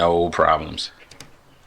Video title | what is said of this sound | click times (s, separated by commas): Easy DIY Off Grid Solar Panel Installation - Used Panels | Stick that on there. Felt the click and heard the click. | 1.1 s, 1.2 s